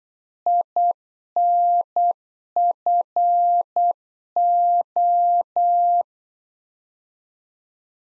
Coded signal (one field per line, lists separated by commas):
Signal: Morse code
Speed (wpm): 8 wpm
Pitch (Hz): 700 Hz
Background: none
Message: INFO